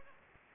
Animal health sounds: mosquito wingbeat signal from an infrared sensor; Aedes aegypti

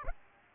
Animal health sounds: mosquito wingbeat signal from an infrared sensor; Aedes aegypti

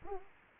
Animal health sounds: mosquito wingbeat signal from an infrared sensor; Anopheles arabiensis

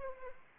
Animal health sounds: mosquito wingbeat signal from an infrared sensor; Anopheles arabiensis

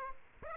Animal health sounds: mosquito wingbeat signal from an infrared sensor; Aedes aegypti

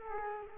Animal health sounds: mosquito wingbeat signal from an infrared sensor; Culex quinquefasciatus

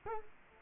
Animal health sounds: mosquito wingbeat signal from an infrared sensor; Culex quinquefasciatus

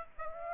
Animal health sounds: mosquito wingbeat signal from an infrared sensor; Aedes aegypti

